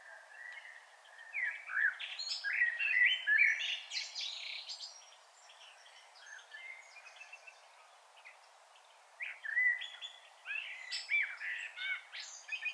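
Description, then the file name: Common blackbird song with mellow warbled phrases mixed with scratchy high twittering, two bursts separated by a quieter stretch, over steady background hiss. "Turdus merula"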